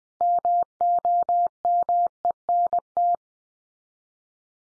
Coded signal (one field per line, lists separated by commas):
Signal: Morse code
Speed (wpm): 20 wpm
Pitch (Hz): 700 Hz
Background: none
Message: MOMENT